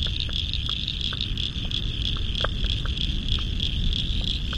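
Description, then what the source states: Frogs call in a chorus of scattered sharp clicks above a continuous high buzzing trill, with a constant low roar beneath. Spring frog chorus at dusk by the South Pacific Ocean, Royal National Park, Australia, November 2015.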